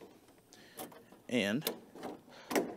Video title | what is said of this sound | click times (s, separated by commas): Quik-Latch Motorhead Garage | Now watch. Hear that click? We have a nice positive engagement. | 2.5 s, 2.6 s